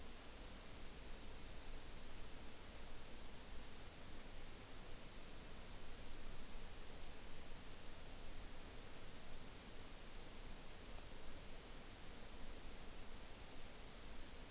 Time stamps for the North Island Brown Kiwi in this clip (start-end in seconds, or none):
none